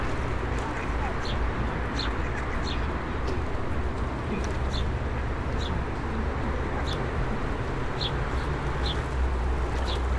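Ducks and pigeons are fed by passersby along a town promenade. A small bird repeats a thin, high chirp about once a second over a steady, dense murmur of city noise and low traffic rumble, with faint voices mixed in.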